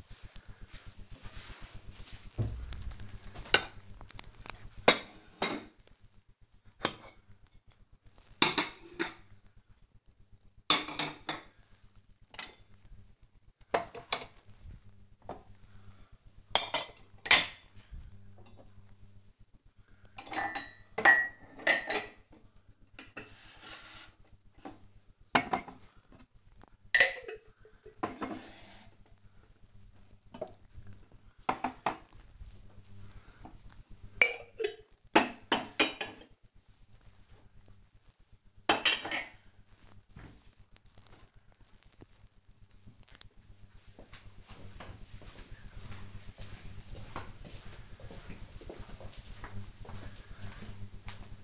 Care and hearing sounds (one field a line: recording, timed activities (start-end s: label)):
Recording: household activities, microphone on the right wrist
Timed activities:
2.53-40.81 s: putting away the dishes